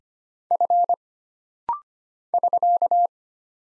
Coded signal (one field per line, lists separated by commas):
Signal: Morse code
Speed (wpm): 25 wpm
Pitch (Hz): 700 Hz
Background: none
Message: F <SK>